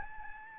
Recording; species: mosquito wingbeat signal from an infrared sensor; Aedes albopictus